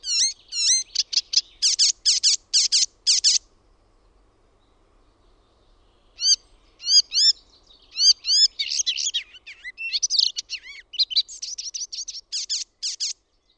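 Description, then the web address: Icterine warbler song: rapid repeated high squeaky notes, then after a pause a mix of upslurred whistles and scratchy, chattering phrases that run on continuously. Own recording. "OMAT AANITYKSET KULTARINTA"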